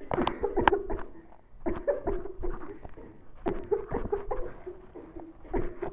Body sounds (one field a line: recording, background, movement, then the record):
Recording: voluntary coughing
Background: a bystander coughing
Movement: sitting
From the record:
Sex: female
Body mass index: 18.8 kg/m2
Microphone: on the chest, facing the body